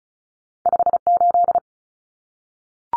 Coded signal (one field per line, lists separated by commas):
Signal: Morse code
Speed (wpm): 34 wpm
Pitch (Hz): 700 Hz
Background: none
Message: 58